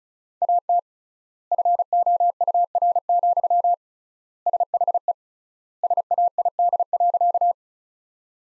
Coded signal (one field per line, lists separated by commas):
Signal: Morse code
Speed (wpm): 34 wpm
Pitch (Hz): 700 Hz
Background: none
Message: AT FOUR, SHE SAID.